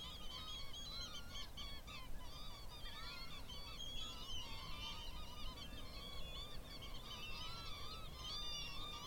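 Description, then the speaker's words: Northern Lapwing wheezes and chortles in a dense, overlapping flock chorus, bent notes tumbling continuously, with soft low background noise. Roosting flock of lapwings giving a gentle wheeze and chortle, settling at dusk on a still winter evening at the end of 2021, shallow coastal lagoon near the mouth of the River Parrett, Somerset. "The last light sparkles on the water of a wide, shallow lagoon, while the gentle wheeze and chortle of roosting lapwings and the whistles of redshanks rise to meet the coming dark."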